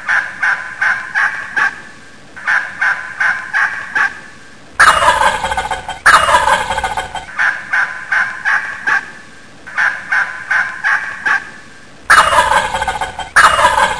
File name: gobble gobble